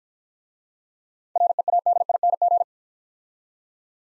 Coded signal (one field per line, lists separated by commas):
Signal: Morse code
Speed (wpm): 50 wpm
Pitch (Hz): 700 Hz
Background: none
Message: READING